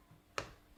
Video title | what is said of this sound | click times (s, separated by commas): Nettoyage de la K8 2 ème partie | jusqu'à ce qu'on entend de clips voyez | 0.4 s